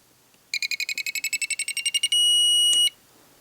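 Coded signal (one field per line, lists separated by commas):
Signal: beep code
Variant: Spektrum DX5e transmitter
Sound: quick series of short electronic beeps rising in pitch, ending in one long beep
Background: quiet room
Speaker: and that means you're at the top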